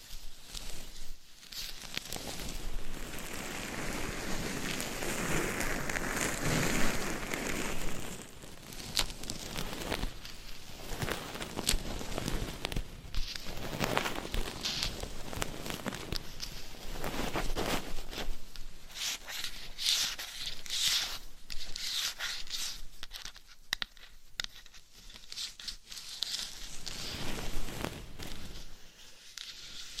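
Scratching and tapping on a binaural dummy head mic cover make dense, crackling rustles that shift in texture, with brief quieter gaps near the end.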